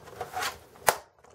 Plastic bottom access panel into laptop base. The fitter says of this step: and you hear the big clicks okay you're not breaking anything it's pretty tough